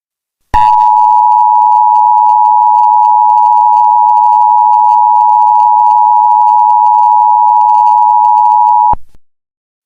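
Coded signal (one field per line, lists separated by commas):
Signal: Emergency Alert System (SAME) tones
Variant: 853 and 960 Hz attention tone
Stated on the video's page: Fictional EAS scenario story.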